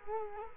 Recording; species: mosquito wingbeat signal from an infrared sensor; Culex quinquefasciatus